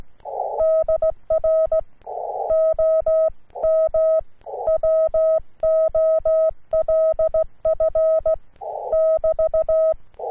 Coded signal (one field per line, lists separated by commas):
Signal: Morse code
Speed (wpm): 16 wpm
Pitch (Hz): 640 Hz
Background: none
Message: DR OM WOLF <BT>